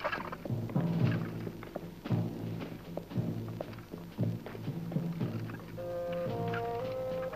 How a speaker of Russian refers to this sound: Рядом едет телега Косоротова. Вокруг лес.